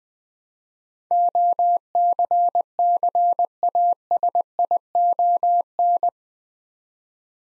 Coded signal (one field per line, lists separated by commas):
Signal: Morse code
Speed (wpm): 20 wpm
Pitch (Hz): 700 Hz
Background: none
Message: OCCASION